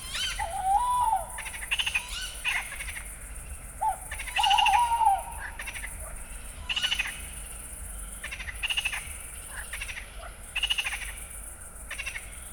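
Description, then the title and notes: Owl calls: arched, slightly wavering tones given twice, over a dense pulsing frog chorus and steady high insect stridulation. Owl calls at night at a pond near Fenouillet, France, among insect stridulation and an endless frog chorus; species uncertain; recorded with USI Pro AB microphones and Zoom F8. "Allée des Ramiers, Fenouillet, France. cris de chouette"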